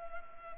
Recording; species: mosquito wingbeat signal from an infrared sensor; Culex pipiens